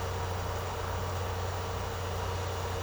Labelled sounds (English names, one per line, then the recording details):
none
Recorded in secondary vegetation near Puerto Asís, Putumayo, Colombia, on 13 March 2025 at 13:00
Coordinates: 0.468, -76.324
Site G059